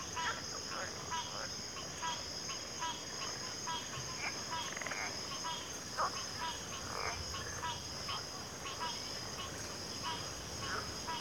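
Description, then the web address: Crickets in chorus, a continuous high hum, with many short chirps from other callers throughout. Cricket chorus recorded at a backwater. "WLL Grade 1-12 Pre-Uni Library Natures Songs Sleep Sounds of Nature CRICKETS Backwater Chorus"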